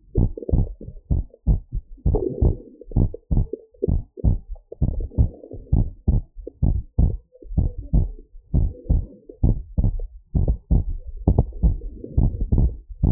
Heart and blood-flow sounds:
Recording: heart sounds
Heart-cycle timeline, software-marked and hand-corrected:
0.00	0.18	diastole
0.18	0.30	S1
0.30	0.54	systole
0.54	0.66	S2
0.66	1.12	diastole
1.12	1.24	S1
1.24	1.48	systole
1.48	1.60	S2
1.60	2.06	diastole
2.06	2.20	S1
2.20	2.42	systole
2.42	2.54	S2
2.54	2.96	diastole
2.96	3.08	S1
3.08	3.32	systole
3.32	3.44	S2
3.44	3.88	diastole
3.88	4.02	S1
4.02	4.26	systole
4.26	4.38	S2
4.38	4.88	diastole
4.88	4.98	S1
4.98	5.18	systole
5.18	5.28	S2
5.28	5.72	diastole
5.72	5.86	S1
5.86	6.08	systole
6.08	6.20	S2
6.20	6.64	diastole
6.64	6.76	S1
6.76	6.98	systole
6.98	7.12	S2
7.12	7.56	diastole
7.56	7.70	S1
7.70	7.94	systole
7.94	8.08	S2
8.08	8.56	diastole
8.56	8.70	S1
8.70	8.90	systole
8.90	9.02	S2
9.02	9.44	diastole
9.44	9.56	S1
9.56	9.78	systole
9.78	9.92	S2
9.92	10.40	diastole
10.40	10.56	S1
10.56	10.72	systole
10.72	10.84	S2
10.84	11.28	diastole
11.28	11.38	S1
11.38	11.64	systole
11.64	11.76	S2
11.76	12.18	diastole
12.18	12.32	S1
12.32	12.52	systole
12.52	12.68	S2
12.68	13.04	diastole
13.04	13.11	S1
From the record:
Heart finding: normal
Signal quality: good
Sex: female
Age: 48 years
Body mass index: 25.7

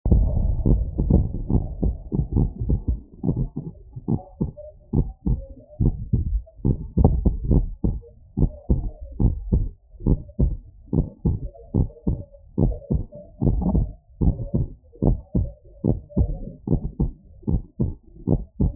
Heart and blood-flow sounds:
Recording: heart sounds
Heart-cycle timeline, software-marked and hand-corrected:
0.00	0.12	systole
0.12	0.28	S2
0.28	0.68	diastole
0.68	0.86	S1
0.86	1.08	systole
1.08	1.24	S2
1.24	1.56	diastole
1.56	1.66	S1
1.66	1.84	systole
1.84	1.96	S2
1.96	2.36	diastole
2.36	2.50	S1
2.50	2.70	systole
2.70	2.82	S2
2.82	3.28	diastole
3.28	3.38	S1
3.38	3.58	systole
3.58	3.68	S2
3.68	4.10	diastole
4.10	4.20	S1
4.20	4.42	systole
4.42	4.52	S2
4.52	4.94	diastole
4.94	5.06	S1
5.06	5.28	systole
5.28	5.40	S2
5.40	5.82	diastole
5.82	5.94	S1
5.94	6.14	systole
6.14	6.24	S2
6.24	6.66	diastole
6.66	6.78	S1
6.78	6.98	systole
6.98	7.12	S2
7.12	7.48	diastole
7.48	7.64	S1
7.64	7.84	systole
7.84	7.96	S2
7.96	8.38	diastole
8.38	8.50	S1
8.50	8.70	systole
8.70	8.82	S2
8.82	9.22	diastole
9.22	9.36	S1
9.36	9.54	systole
9.54	9.66	S2
9.66	10.06	diastole
10.06	10.18	S1
10.18	10.40	systole
10.40	10.54	S2
10.54	10.94	diastole
10.94	11.06	S1
11.06	11.26	systole
11.26	11.38	S2
11.38	11.76	diastole
11.76	11.88	S1
11.88	12.08	systole
12.08	12.18	S2
12.18	12.60	diastole
12.60	12.74	S1
12.74	12.92	systole
12.92	13.02	S2
13.02	13.46	diastole
13.46	13.64	S1
13.64	13.76	systole
13.76	13.88	S2
13.88	14.26	diastole
14.26	14.36	S1
14.36	14.56	systole
14.56	14.66	S2
14.66	15.08	diastole
15.08	15.18	S1
15.18	15.36	systole
15.36	15.46	S2
15.46	15.86	diastole
15.86	15.98	S1
15.98	16.18	systole
16.18	16.30	S2
16.30	16.72	diastole
16.72	16.82	S1
16.82	17.00	systole
17.00	17.10	S2
17.10	17.48	diastole
17.48	17.60	S1
17.60	17.80	systole
17.80	17.92	S2
17.92	18.32	diastole
18.32	18.42	S1
18.42	18.62	systole
18.62	18.72	S2
18.72	18.76	diastole
From the record:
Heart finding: normal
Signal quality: good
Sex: male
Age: 53 years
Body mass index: 25.6

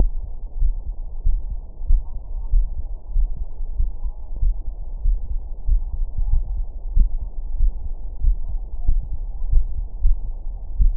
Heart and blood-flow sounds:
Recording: heart sounds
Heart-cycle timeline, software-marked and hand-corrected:
0.00	0.12	S1
0.12	0.22	systole
0.22	0.30	S2
0.30	0.60	diastole
0.60	0.74	S1
0.74	0.84	systole
0.84	0.94	S2
0.94	1.26	diastole
1.26	1.40	S1
1.40	1.50	systole
1.50	1.58	S2
1.58	1.88	diastole
1.88	2.02	S1
2.02	2.14	systole
2.14	2.22	S2
2.22	2.54	diastole
2.54	2.68	S1
2.68	2.78	systole
2.78	2.86	S2
2.86	3.16	diastole
3.16	3.28	S1
3.28	3.38	systole
3.38	3.48	S2
3.48	3.78	diastole
3.78	3.90	S1
3.90	4.02	systole
4.02	4.12	S2
4.12	4.42	diastole
4.42	4.54	S1
4.54	4.64	systole
4.64	4.74	S2
4.74	5.06	diastole
5.06	5.18	S1
5.18	5.30	systole
5.30	5.40	S2
5.40	5.68	diastole
5.68	5.80	S1
5.80	5.90	systole
5.90	6.00	S2
6.00	6.30	diastole
6.30	6.44	S1
6.44	6.54	systole
6.54	6.64	S2
6.64	6.94	diastole
6.94	7.08	S1
7.08	7.20	systole
7.20	7.28	S2
7.28	7.60	diastole
7.60	7.72	S1
7.72	7.84	systole
7.84	7.92	S2
7.92	8.24	diastole
8.24	8.38	S1
8.38	8.48	systole
8.48	8.58	S2
8.58	8.88	diastole
8.88	9.02	S1
9.02	9.10	systole
9.10	9.18	S2
9.18	9.50	diastole
9.50	9.64	S1
9.64	9.72	systole
9.72	9.78	S2
9.78	10.04	diastole
10.04	10.18	S1
10.18	10.30	systole
10.30	10.42	S2
10.42	10.78	diastole
10.78	10.94	S1
10.94	10.97	systole
From the record:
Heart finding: coronary artery disease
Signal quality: good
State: rest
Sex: male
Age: 67 years

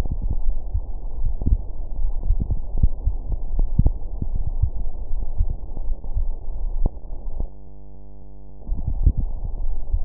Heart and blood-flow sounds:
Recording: heart sounds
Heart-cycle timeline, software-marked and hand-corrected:
not marked
From the record:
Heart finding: coronary artery disease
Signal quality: poor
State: rest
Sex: male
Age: 61 years

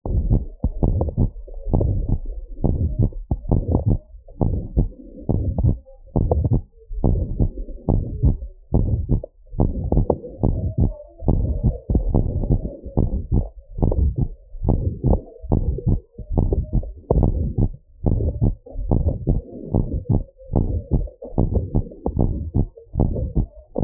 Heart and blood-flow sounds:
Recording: heart sounds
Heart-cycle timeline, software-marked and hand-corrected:
0.00	0.10	diastole
0.10	0.24	S1
0.24	0.28	systole
0.28	0.40	S2
0.40	0.92	diastole
0.92	1.10	S1
1.10	1.20	systole
1.20	1.30	S2
1.30	1.80	diastole
1.80	1.98	S1
1.98	2.08	systole
2.08	2.18	S2
2.18	2.76	diastole
2.76	2.90	S1
2.90	2.98	systole
2.98	3.10	S2
3.10	3.70	diastole
3.70	3.82	S1
3.82	3.88	systole
3.88	3.98	S2
3.98	4.50	diastole
4.50	4.64	S1
4.64	4.76	systole
4.76	4.88	S2
4.88	5.38	diastole
5.38	5.52	S1
5.52	5.60	systole
5.60	5.74	S2
5.74	6.28	diastole
6.28	6.46	S1
6.46	6.52	systole
6.52	6.62	S2
6.62	7.10	diastole
7.10	7.26	S1
7.26	7.38	systole
7.38	7.48	S2
7.48	7.94	diastole
7.94	8.08	S1
8.08	8.22	systole
8.22	8.36	S2
8.36	8.86	diastole
8.86	9.00	S1
9.00	9.10	systole
9.10	9.20	S2
9.20	9.76	diastole
9.76	9.88	S1
9.88	9.94	systole
9.94	10.06	S2
10.06	10.54	diastole
10.54	10.70	S1
10.70	10.78	systole
10.78	10.90	S2
10.90	11.36	diastole
11.36	11.54	S1
11.54	11.62	systole
11.62	11.76	S2
11.76	12.30	diastole
12.30	12.44	S1
12.44	12.52	systole
12.52	12.62	S2
12.62	13.14	diastole
13.14	13.24	S1
13.24	13.32	systole
13.32	13.44	S2
13.44	13.96	diastole
13.96	14.12	S1
14.12	14.18	systole
14.18	14.28	S2
14.28	14.80	diastole
14.80	14.94	S1
14.94	15.06	systole
15.06	15.18	S2
15.18	15.66	diastole
15.66	15.78	S1
15.78	15.88	systole
15.88	15.98	S2
15.98	16.40	diastole
16.40	16.50	S1
16.50	16.56	systole
16.56	16.66	S2
16.66	17.16	diastole
17.16	17.32	S1
17.32	17.40	systole
17.40	17.52	S2
17.52	18.06	diastole
18.06	18.18	S1
18.18	18.24	systole
18.24	18.34	S2
18.34	18.88	diastole
18.88	19.00	S1
19.00	19.04	systole
19.04	19.16	S2
19.16	19.74	diastole
19.74	19.86	S1
19.86	19.92	systole
19.92	20.02	S2
20.02	20.54	diastole
20.54	20.66	S1
20.66	20.72	systole
20.72	20.82	S2
20.82	21.38	diastole
21.38	21.50	S1
21.50	21.54	systole
21.54	21.64	S2
21.64	22.18	diastole
22.18	22.30	S1
22.30	22.36	systole
22.36	22.46	S2
22.46	22.98	diastole
22.98	23.12	S1
23.12	23.20	systole
23.20	23.30	S2
23.30	23.82	diastole
23.82	23.84	S1
From the record:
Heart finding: abnormal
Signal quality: good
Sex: female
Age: 66 years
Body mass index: 28.3

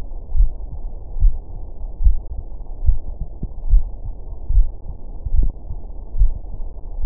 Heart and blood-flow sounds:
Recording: heart sounds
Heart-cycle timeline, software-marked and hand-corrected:
0.00	0.36	diastole
0.36	0.50	S1
0.50	0.70	systole
0.70	0.80	S2
0.80	1.20	diastole
1.20	1.34	S1
1.34	1.52	systole
1.52	1.60	S2
1.60	2.02	diastole
2.02	2.18	S1
2.18	2.36	systole
2.36	2.44	S2
2.44	2.84	diastole
2.84	2.98	S1
2.98	3.18	systole
3.18	3.28	S2
3.28	3.70	diastole
3.70	3.84	S1
3.84	4.02	systole
4.02	4.12	S2
4.12	4.54	diastole
4.54	4.68	S1
4.68	4.86	systole
4.86	4.94	S2
4.94	5.34	diastole
5.34	5.50	S1
5.50	5.68	systole
5.68	5.76	S2
5.76	6.18	diastole
6.18	6.32	S1
6.32	6.50	systole
6.50	6.58	S2
6.58	7.02	diastole
7.02	7.06	S1
From the record:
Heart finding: coronary artery disease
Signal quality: good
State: rest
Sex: female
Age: 69 years

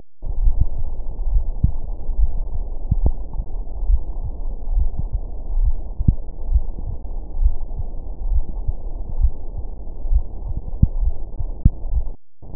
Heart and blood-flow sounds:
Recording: heart sounds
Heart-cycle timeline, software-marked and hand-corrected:
0.00	0.40	diastole
0.40	0.54	S1
0.54	0.76	systole
0.76	0.86	S2
0.86	1.28	diastole
1.28	1.42	S1
1.42	1.62	systole
1.62	1.72	S2
1.72	2.18	diastole
2.18	2.30	S1
2.30	2.54	systole
2.54	2.62	S2
2.62	2.98	diastole
2.98	3.14	S1
3.14	3.36	systole
3.36	3.44	S2
3.44	3.86	diastole
3.86	4.00	S1
4.00	4.22	systole
4.22	4.32	S2
4.32	4.72	diastole
4.72	4.88	S1
4.88	5.06	systole
5.06	5.14	S2
5.14	5.56	diastole
5.56	5.74	S1
5.74	5.98	systole
5.98	6.06	S2
6.06	6.50	diastole
6.50	6.64	S1
6.64	6.86	systole
6.86	6.96	S2
6.96	7.40	diastole
7.40	7.54	S1
7.54	7.76	systole
7.76	7.86	S2
7.86	8.26	diastole
8.26	8.42	S1
8.42	8.66	systole
8.66	8.76	S2
8.76	9.18	diastole
9.18	9.32	S1
9.32	9.56	systole
9.56	9.66	S2
9.66	10.10	diastole
10.10	10.24	S1
10.24	10.46	systole
10.46	10.54	S2
10.54	10.98	diastole
10.98	11.14	S1
11.14	11.38	systole
11.38	11.48	S2
11.48	11.92	diastole
11.92	12.04	S1
12.04	12.26	systole
12.26	12.34	S2
12.34	12.56	diastole
From the record:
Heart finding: coronary artery disease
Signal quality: good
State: rest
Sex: male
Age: 72 years

